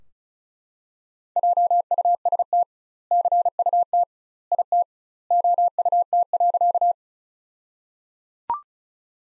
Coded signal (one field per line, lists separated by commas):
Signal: Morse code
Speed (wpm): 36 wpm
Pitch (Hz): 700 Hz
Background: none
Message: JUST CUT IT OUT.